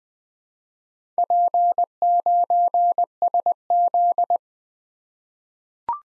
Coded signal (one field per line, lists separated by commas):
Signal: Morse code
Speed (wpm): 20 wpm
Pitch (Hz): 700 Hz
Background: none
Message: P9SZ